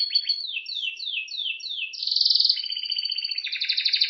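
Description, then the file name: Canary song with a series of quick descending slurred notes, then dense buzzy rolled trills. "Canary Voice"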